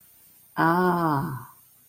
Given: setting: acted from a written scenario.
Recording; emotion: vocal sound without words; realization